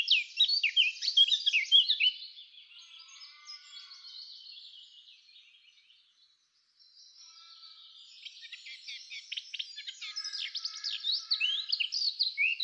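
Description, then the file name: Eurasian blackcap song: a loud burst of rapid warbling notes, a soft stretch and brief pause, then the warble returns and strengthens. "Sylvia atricapilla"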